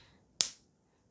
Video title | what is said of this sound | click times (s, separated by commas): Pielęgnacyjny podkład odmładzający dla kobiet 40+ | Słyszeliście ten klik | 0.4 s